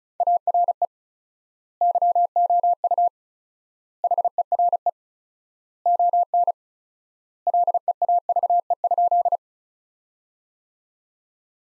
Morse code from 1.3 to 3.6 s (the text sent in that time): YOU